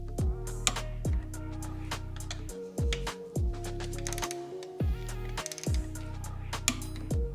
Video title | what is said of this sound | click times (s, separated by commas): INSTALLING EVOTECH FRAME SLIDERS ON 2022 BMW S1000R | You can hear the click. | 0.7 s, 6.7 s